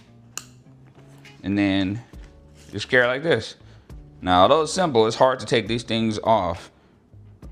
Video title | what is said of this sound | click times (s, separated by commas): Alpaka Bravo Sling Max V2: You're all in one sling back? 🤔 | until you hear a snap. | 0.4 s